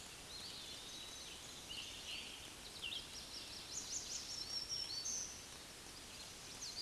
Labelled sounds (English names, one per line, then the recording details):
Black-throated Green Warbler song
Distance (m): 35 m
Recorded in a Pennsylvania forest on 20 May 2023 at 06:24
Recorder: AudioMoth, point grid1_13_low
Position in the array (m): 107 m, 153 m